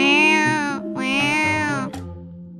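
A cat lets out two long, loud meows in quick succession, bright and strongly tonal, the second trailing off into a lower, softer murmur after a brief click.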